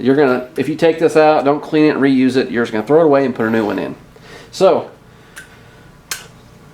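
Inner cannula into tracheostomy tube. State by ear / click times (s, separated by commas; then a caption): seated / 6.1 s. Someone talks for about four seconds, then a few faint handling sounds follow as a disposable plastic inner cannula is pushed straight down the barrel of a tracheostomy tube. A sharp click at 6.1 s marks its two small clips snapping in, and the inner cannula is seated in the tracheostomy tube.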